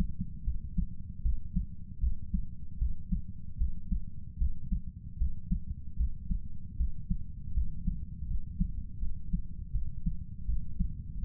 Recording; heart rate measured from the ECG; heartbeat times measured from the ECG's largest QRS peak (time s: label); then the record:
heart sounds by stethoscope; 78 bpm
0.44 s: heartbeat
1.22 s: heartbeat
2.00 s: heartbeat
2.78 s: heartbeat
3.57 s: heartbeat
4.38 s: heartbeat
5.17 s: heartbeat
5.96 s: heartbeat
6.76 s: heartbeat
7.53 s: heartbeat
8.27 s: heartbeat
8.99 s: heartbeat
9.72 s: heartbeat
10.46 s: heartbeat
11.20 s: heartbeat
From the record:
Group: healthy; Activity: cold pressor test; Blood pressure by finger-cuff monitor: 119/73 mmHg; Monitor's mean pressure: 86 mmHg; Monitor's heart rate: 78 bpm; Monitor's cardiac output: 7.2 L/min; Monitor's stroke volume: 95 mL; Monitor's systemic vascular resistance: 860 dyn s/cm5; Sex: male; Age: 35 years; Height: 180 cm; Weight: 86.9 kg